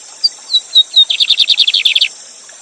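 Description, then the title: Lined seedeater song: four sliding whistled notes followed by a rapid run of buzzy, rattling notes, set against a steady high hiss. Teacher bird singing the Gavião negro song style live beside a waterfall. "Novo Canto de Bigodinho. Bigode Gavião negro professor de canto cantando ao vivo com cascata!"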